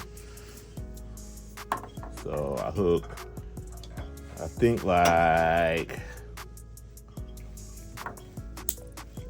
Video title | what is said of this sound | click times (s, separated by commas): Custom Dynamics Mod 2024 Harley Davidson Roadglide | I heard the click | 8.7 s